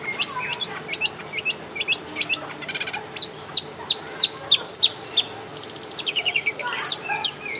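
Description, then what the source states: Long-tailed shrike singing sharp, high chirps in quick runs with brief buzzy trills, fairly continuous over a faint hum. Long-tailed shrike (cendet, pentet) in the 'tembakan' song style; recording used for training caged birds.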